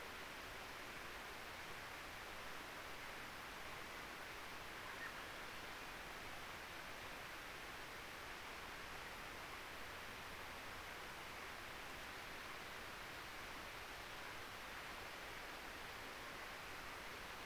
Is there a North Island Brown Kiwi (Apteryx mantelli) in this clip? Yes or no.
no